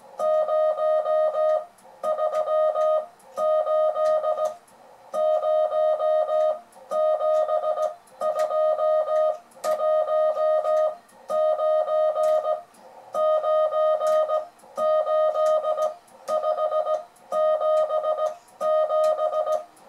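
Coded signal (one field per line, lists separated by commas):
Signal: Morse code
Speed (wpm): 17 wpm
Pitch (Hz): 620 Hz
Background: music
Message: 0 3 8 0 721 9 9 8 577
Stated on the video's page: French beginners' Morse lesson demonstrating reading by ear.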